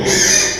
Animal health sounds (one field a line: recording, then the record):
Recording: squeal of a Yucatan mini pig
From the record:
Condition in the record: before surgery on the right vocal fold (resection and tissue-engineered implant)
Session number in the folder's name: 1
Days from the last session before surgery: -3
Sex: male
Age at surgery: 12 weeks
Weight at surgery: 13 kg